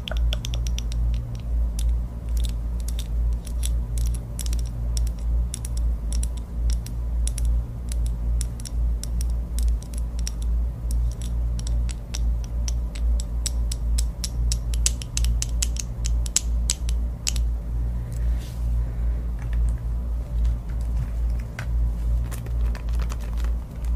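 Long fingernails tap and scratch across various objects in quick, dense clusters of sharp clicks that keep up through most of the clip, thinning out briefly around eighteen seconds. A steady low hum sits underneath the whole time.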